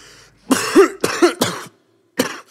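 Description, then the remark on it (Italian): A series of four harsh, raspy coughs, the first three coming in quick succession with a throaty voiced edge, then a brief pause before a final, shorter cough. “La mia malattia è la tosse che porto.”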